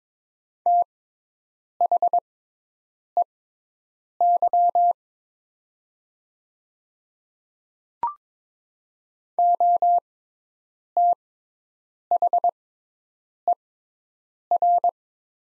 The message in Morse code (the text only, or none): THEY OTHER